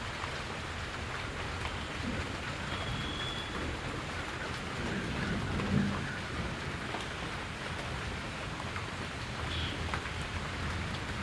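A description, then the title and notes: Steady, dense rain falls in a rainforest, a constant hiss of drops on leaves and surfaces with a low rumble underneath. The level stays even throughout, broken by a few brief chirps or calls, one around the middle of the recording. Thunderstorm in the rainforest. N the Congo basin rainforest, you can feel a thunderstorm long before it makes contact. The jungle is hot, humid and oppressive until the storm unleashes.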